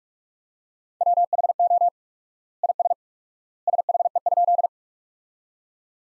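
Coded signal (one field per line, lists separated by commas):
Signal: Morse code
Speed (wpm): 44 wpm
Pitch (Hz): 700 Hz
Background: none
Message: WHO IS SHE?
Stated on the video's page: Morse practice: sentences built from the top 100 words at 45 wpm with quadruple word-spacing, a word-based Farnsworth-like approach.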